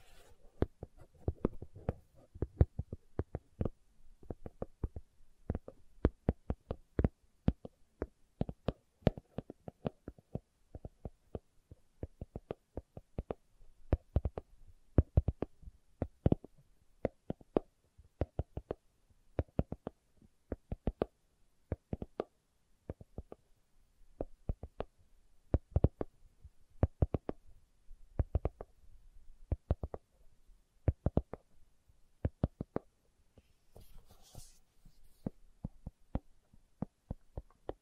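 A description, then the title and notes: Slow tapping sounds, each a short sharp click with a little low thump beneath it. The taps come irregularly, often in small pairs or clusters, roughly one or two per second across the whole stretch. Quiet gaps separate them, with a brief soft hiss near the 34-second mark. ASMR Slow Tapping for Deep Sleep (No Talking).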